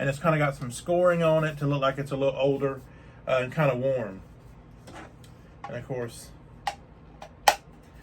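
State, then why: Seated. Someone talks while unboxing a collectible figure, then presses a plastic accessory piece into the figure's display base. A few light plastic taps come first, then a sharp click at 7.5 s as the piece pops into place and seats.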